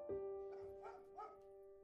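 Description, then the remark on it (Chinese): A large wolfdog with four white paws, tied up, barks fiercely at a stranger in a quick series of about four harsh, mid-pitched barks over a steady humming drone, each bark short and sharp with small gaps between. “大狼狗虽然拴着，可见着陌生男人还是狂吠的厉害。”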